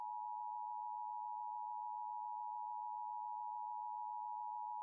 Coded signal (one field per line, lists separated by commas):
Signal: Emergency Alert System (SAME) tones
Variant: 853 and 960 Hz attention tone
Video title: LIVE AM/MW DX: DX Central Live - S. 4, Ep. 14 | Friday, April 12, 2024